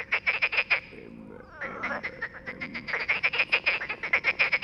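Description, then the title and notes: Frogs croaking in a dense chorus, fast rattling pulses in bursts, a brief lull early on before the calls resume and build again. Frogs singing all night at a small pond beside the Loire near Bréhémont, France; they ignored the recordist's attempts to make them answer; sing when distant freight trains pass; Oktava MK012 ORTF, MixPre, Zoom H4n. "37130 Bréhémont, France - Trying to communicate with Frogs. Nous avions établis le camp à coté d'un étang peuplé de grenouilles qui se sont mise à chanter toute la nuit. Elles se mettent cependant à chanter lorsqu'un train de marchandises passe au loin. A little pond next to the river Loire"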